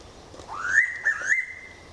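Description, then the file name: Noisy pitta whistled call: an upward-sweeping note, then two or three short clear whistles trailing into a sustained level tone. "Pitta Versicolor"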